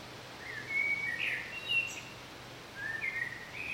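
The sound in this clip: Bird song: two bursts of high, thin whistled notes and short slurred phrases, with a pause between them, over a steady low hum and hiss.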